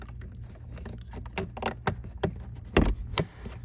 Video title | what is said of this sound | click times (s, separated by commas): How To Change A 2018 - 2022 Honda Accord Cabin Air Filter - Remove Replace Replacement Location | And you'll hear it click into place. | 3.2 s